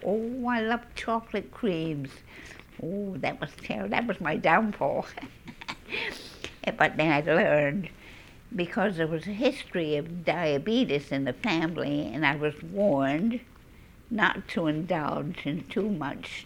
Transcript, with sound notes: Oh, I loved chocolate creams! Oh, that was terrible. That was my downfall. ( she laughs ) But then I learned, because there was a history of diabetes in the family, and I was warned not to indulge in too much